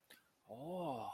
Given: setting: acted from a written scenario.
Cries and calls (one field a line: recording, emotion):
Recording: vocal sound without words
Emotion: awe